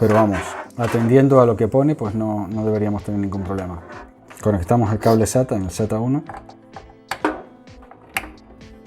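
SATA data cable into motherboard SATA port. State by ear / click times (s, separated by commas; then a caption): seated / 8.2 s. A SATA data cable's plastic connector is pushed into a SATA port on the motherboard while someone talks. A few small clicks and taps follow, then a sharp, loud click at 8.2 s shows the connector has seated and is connected.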